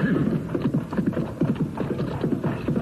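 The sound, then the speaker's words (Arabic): A horse's hooves clip-clop in a quick, steady rhythm, with snorting, neighing horse calls mixed in throughout the short, evenly loud stretch. “العاديات لها دوي كتيبة طوت السهوب جنوبها وشآمها في الأفق حمحمة وتحت هديرها نقع يرد إلى الدبور خطامها خيل مغيرات تتايع هولها”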